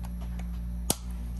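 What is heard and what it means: A plastic replacement cover is pressed onto a GoPro 10 action camera's battery compartment in place of the removed door. Two faint ticks at 0.1 s and 0.4 s over a steady low hum lead up to one sharp, loud snap at 0.9 s as the cover clicks on. The cover is seated and the battery is now held in.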